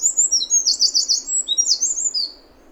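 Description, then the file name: Eurasian wren song, a loud fast series of high trilled notes lasting over two seconds, then quiet. "Troglodytes troglodytes"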